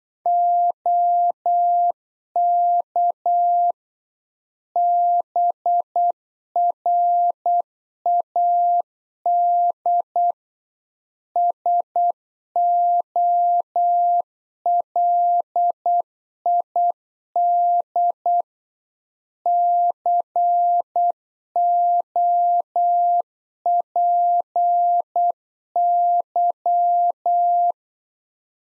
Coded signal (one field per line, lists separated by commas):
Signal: Morse code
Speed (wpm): 8 wpm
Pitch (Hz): 700 Hz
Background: none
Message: OK BRAD SOLID COPY